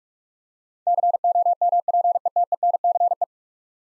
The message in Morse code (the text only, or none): COMPETENCE